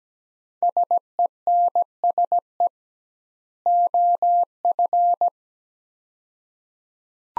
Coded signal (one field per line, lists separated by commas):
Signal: Morse code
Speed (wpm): 17 wpm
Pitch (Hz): 700 Hz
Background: none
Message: SENSE OF